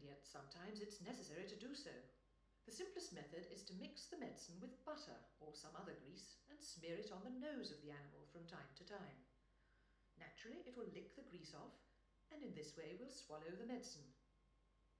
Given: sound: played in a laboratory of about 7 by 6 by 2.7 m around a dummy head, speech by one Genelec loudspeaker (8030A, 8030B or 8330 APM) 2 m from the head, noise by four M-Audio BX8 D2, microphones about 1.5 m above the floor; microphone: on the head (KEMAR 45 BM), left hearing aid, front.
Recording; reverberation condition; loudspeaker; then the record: female speech in English; medium; 90 degrees to the left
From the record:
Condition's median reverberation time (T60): about 510 ms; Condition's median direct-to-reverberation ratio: about -0.5 dB